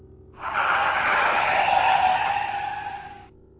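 A pickup truck peels out on asphalt, leaving a double strip of rubber, its tires letting out a loud, steady screech that holds for about three seconds before cutting off abruptly. No one speaks.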